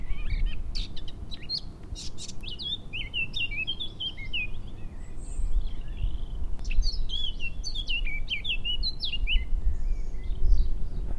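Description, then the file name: Eurasian blackcap song: varied, rapid warbling phrases that mix scratchy chatter with clearer fluty notes, heard over a steady low rumbling background noise. Recorded on 17 April 2013. "Fauvette tete noire 2013-04-17"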